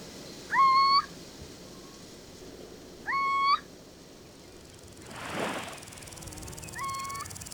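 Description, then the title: Little Owl calling with short, level whistled hoots, two clear ones about two and a half seconds apart, a fainter one later, and a brief rushing noise between. Small nocturnal raptor with large yellow eyes and a fluffy look, of semi-open habitats with hedges in the Bouches-du-Rhône, France; protecting its habitat also protects dozens of other species. "Chouette Chevêche"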